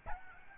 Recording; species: mosquito wingbeat signal from an infrared sensor; Aedes albopictus